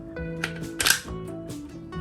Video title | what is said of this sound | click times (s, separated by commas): How to Use !? l GA-Holster l Glock/Galaxy/AAP01 pistol holster | and you're gonna make sure you hear that clicking sound. That clicking sound indicates There's | 0.8 s